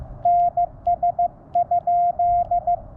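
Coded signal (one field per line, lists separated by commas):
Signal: Morse code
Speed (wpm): 15 wpm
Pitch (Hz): 700 Hz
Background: none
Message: NS?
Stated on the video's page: QRP CW Parks on the Air activation at Chatfield State Park, sent with an iambic paddle on a QMX transceiver into an end-fed half-wave antenna.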